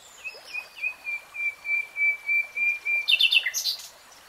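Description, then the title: Nightingale song: a long series of level pulsing whistles, then a quick rattling trill and a high flourish. Nightingale singing in real time. "[Tiếng chim hót] Nightingale Singing"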